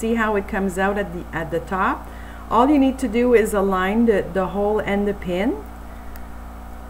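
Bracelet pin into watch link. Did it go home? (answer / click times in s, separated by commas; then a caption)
yes / 6.2 s. A small metal pin is lined up with the end of a link on a Park Lane watch bracelet and pushed back into the link while someone talks. A small click at 6.2 s marks the pin snapping into place, seating it.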